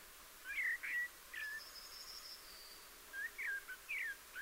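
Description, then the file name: Eurasian blackbird delivering rich fluted notes followed by a soft high twitter, then a second run of mellow warbled notes. "Turdus merula"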